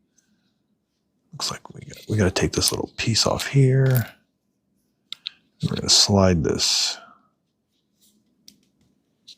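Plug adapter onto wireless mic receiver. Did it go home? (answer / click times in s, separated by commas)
no / none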